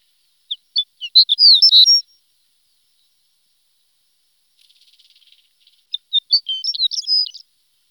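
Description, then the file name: Horned lark song: two high tinkling phrases, each opening with a few spaced chips and rushing into a jumbled, metallic twitter, separated by a faint rattling pause. "shore lark"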